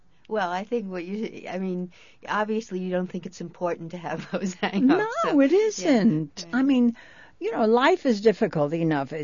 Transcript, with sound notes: Well, I think what you...I mean, obviously you don't think it's important to have those hang-ups, (she laughs) so...
No, it isn't. I mean, you know, life is difficult enough.